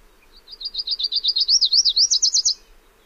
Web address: Songs of Birds of North America Know Your Bird Sounds. Lucys Warbler